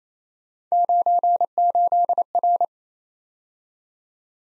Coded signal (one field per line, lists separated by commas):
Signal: Morse code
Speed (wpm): 27 wpm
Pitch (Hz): 700 Hz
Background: none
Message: 98R